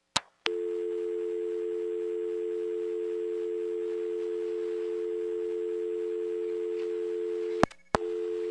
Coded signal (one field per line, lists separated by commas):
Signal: telephone call progress tone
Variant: North America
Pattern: dial tone